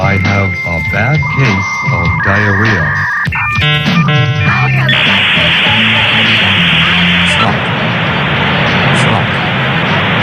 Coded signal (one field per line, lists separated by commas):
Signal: dial-up modem handshake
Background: speech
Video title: EAS| Barney Error Mock